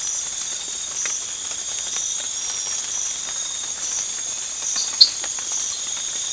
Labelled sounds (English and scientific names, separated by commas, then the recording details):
none
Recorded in pastures near Puerto Asís, Putumayo, Colombia, on 8 March 2025 at 04:00
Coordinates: 0.502, -76.324
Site GP07